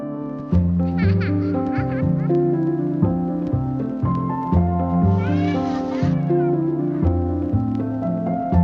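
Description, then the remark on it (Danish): A small pet cat in a home in Gentofte meows a few times in short, rising-and-falling high-pitched cries, heard over a steady, droning tonal background that shifts in pitch. “Du bor i Gentofte med din kæreste og jeres lille kat her.”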